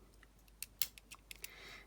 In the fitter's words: and that click is the double locking mechanism as it engages the